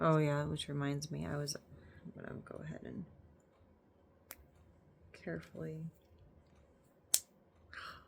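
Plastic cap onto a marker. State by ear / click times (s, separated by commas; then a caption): seated / 7.1 s. Someone talks, then carefully pushes a plastic cap onto a coloring marker. A sharp, bright click at 7.1 s shows the cap has seated.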